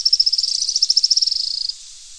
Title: LuckyPassaro Completos2Sama. Araucaria Tit-Spinetail (Leptasthenura setaria)